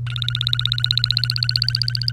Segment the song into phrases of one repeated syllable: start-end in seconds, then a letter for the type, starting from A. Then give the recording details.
0.07-2.11 A. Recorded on 1 May 2018 at 07:45. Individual llb3